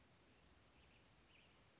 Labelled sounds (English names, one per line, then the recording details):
Western Tanager
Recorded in Sonoma County, California